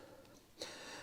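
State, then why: Seated. A reused plastic coolant cap is spun onto the new coolant expansion tank of a 2012 BMW X3 (F25), with a pair of arrows showing when it is tightened and lined up. After a quiet stretch, a single sharp click sounds at 0.6 s as the cap clicks closed and seats.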